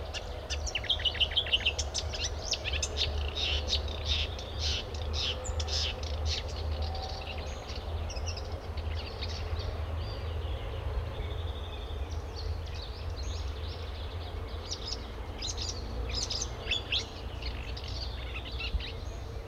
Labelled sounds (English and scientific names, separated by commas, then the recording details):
Marsh Warbler (Acrocephalus palustris) song
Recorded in the wild
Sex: male
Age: adult
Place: Wartenberger Luch, Berlin, DE
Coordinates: 52.5733, 13.5256
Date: 1990-05-28 21:21
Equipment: Uher 4400 Report Monitor, Sennheiser MKH 416 T
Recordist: Frommolt, Karl-Heinz